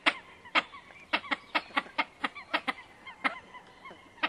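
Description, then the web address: Great crested grebe uttering harsh, barking notes in an uneven series, some doubled, spaced a few tenths of a second apart, with soft background noise. "Grebe. huppe"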